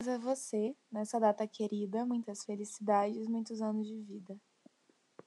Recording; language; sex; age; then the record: short text; Brazilian Portuguese; female; 20 to 29 years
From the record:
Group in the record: control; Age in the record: 21 years